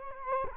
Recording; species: mosquito wingbeat signal from an infrared sensor; Culex quinquefasciatus